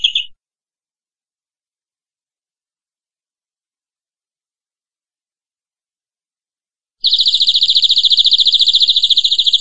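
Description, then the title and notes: Canary song: a brief burst of notes at the start, then a long silence, then a dense, very rapid buzzy trill that keeps going to the end. Training song (masteran) for cage canaries, used as a lure to stimulate birds into singing. "PANCINGAN SUARA MASTERAN KENARI BIKIN BURUNG MAKIN MENGGILA. masteran kicau kenari"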